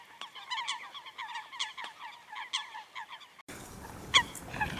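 Coot calls: short, nasal honking notes repeated in uneven bursts, then the sound cuts abruptly to a noisier passage with a few sharp calls.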